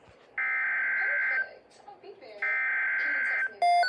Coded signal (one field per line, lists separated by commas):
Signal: Emergency Alert System (SAME) tones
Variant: header bursts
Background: speech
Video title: 2 Severe thunderstorm watches on NOAA Weather Radio 8/9/26